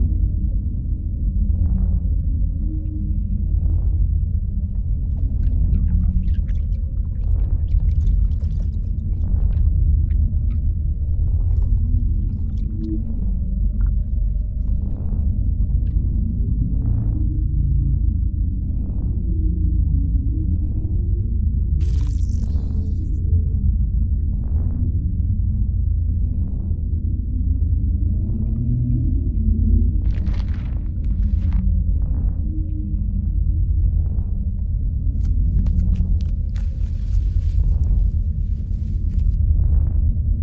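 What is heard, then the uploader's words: Spaceship ambience with a steady low engine hum and rumble, a faint higher drone, and soft regular ticks roughly every second or two. Alien abduction asmr ambience. Spaceship ambience. (room tone, engine hum, interface).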